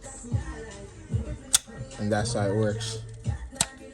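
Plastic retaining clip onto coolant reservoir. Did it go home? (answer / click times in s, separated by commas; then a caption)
yes / 3.6 s. A plastic retaining clip on a new coolant reservoir for a BMW 325i is hooked and snapped closed while someone talks. A sharp tick is heard at 1.6 s, and the clip snaps on at 3.6 s, confirmed as snapped on.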